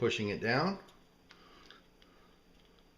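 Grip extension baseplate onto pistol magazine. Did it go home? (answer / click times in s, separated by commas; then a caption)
no / none. A polymer grip extension baseplate is pushed down onto a pistol magazine body while someone talks, followed by a few faint ticks and scrapes of handling. The clip ends before the part goes home, so nothing has snapped or seated yet.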